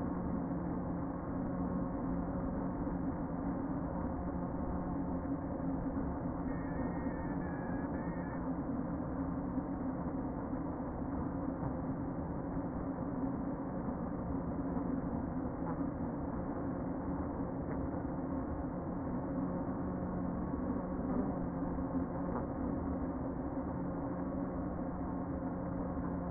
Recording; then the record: honeybee colony, microphone inside the hive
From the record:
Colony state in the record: queen present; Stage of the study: before two queens were removed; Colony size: about 60,000 bees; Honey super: yes